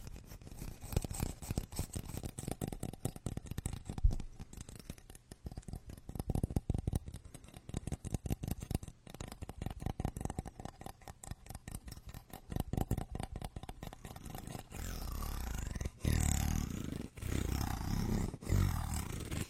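Wooden massage tools work in quick, dense tapping and clattering strokes for most of the clip, a rapid irregular patter of small knocks. Around fifteen seconds the tapping gives way to slower, smoother rubbing sounds that swell and fade, with a low rumble underneath.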